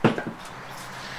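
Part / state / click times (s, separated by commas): snap ring into main bearing groove in transaxle case / seated / 0.1 s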